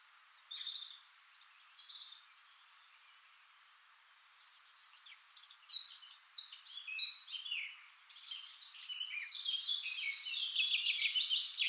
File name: Sylvia atricapilla